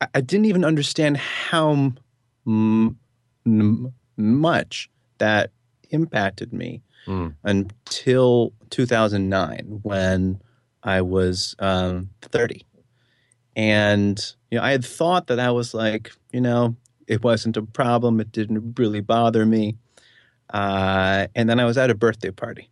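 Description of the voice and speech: An adult man who stutters speaks in a low, even voice. His flow is broken by a long silent block mid-phrase ('how... much') and by several stretched sounds at word starts ('u-n-til', 'a-nd', 'uh'). These blocks and prolongations are typical of stuttering.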